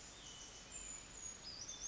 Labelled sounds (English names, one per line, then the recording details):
Western Flycatcher
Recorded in Sonoma County, California